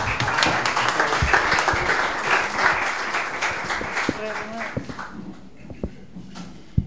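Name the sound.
audience applause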